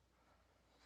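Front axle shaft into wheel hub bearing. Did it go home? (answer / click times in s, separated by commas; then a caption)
no / none. The front axle shaft of a Ford F150 4x4 pickup is being pushed through the wheel hub bearing during a repair of grinding hub actuators. Only a low, steady hum and faint scraping of handling are heard. Nothing has seated or locked into place yet.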